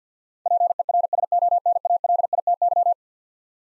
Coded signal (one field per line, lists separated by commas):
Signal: Morse code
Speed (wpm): 50 wpm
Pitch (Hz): 700 Hz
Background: none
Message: PERSONALITY